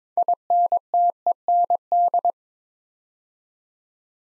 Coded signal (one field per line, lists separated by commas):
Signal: Morse code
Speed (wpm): 22 wpm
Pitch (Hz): 700 Hz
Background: none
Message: INTEND